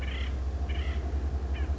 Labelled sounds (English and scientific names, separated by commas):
Acorn Woodpecker (Melanerpes formicivorus)